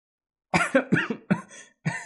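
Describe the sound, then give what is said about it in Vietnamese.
A burst of harsh, wet coughing from a teenage boy coughing up blood, about five sharp hacks in quick uneven succession, each with a sudden loud onset and a rasping tail, with no talking. “Ở bên ngoài âm phủ, một thiếu niên đang cười to, cũng ho ra máu, nhưng vẫn như cũ sáng lạng như vậy, máu rơi vãi mà phi phàm.”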